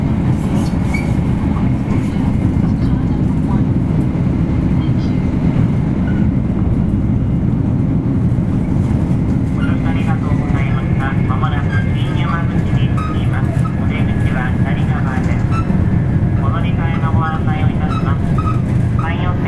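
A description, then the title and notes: A Shinkansen 500 series train runs with a steady, loud, low rumble and roar that fills the whole recording. From about ten seconds on, voices speak over it, apparently passengers talking inside the car, along with a faint high whine. 新幹線500系 山陽新幹線 こだま号 厚狭到着前から新山口まで. 新幹線500系電車の走行音です。 JR西日本 山陽新幹線で録音しました。 It is the running sound of the 500 series trains of the Shinkansen.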